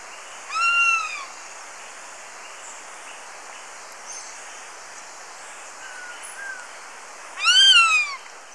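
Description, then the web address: Black-and-chestnut eagle giving two loud, arched whistled calls with rich harmonics, rising then falling, about seven seconds apart, over a steady high hiss. Recorded in Ecuador. "Birds of Ecuador. Black-and-chestnut Eagle"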